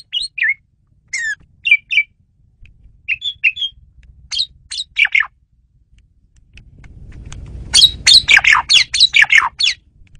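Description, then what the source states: Asian pied starling giving scattered squawky chirps, then a dense run of rapid harsh notes toward the end over a low rumble. Female bird used as a lure (pemikat) bird.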